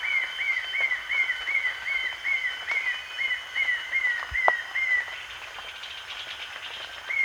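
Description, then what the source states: Short-tailed babbler calling in a long steady series of brief falling whistles, roughly three per second, then stopping, with constant insect drone behind. At Danum on 1 March 2008.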